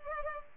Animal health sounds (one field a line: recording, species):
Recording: mosquito wingbeat signal from an infrared sensor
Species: Culex pipiens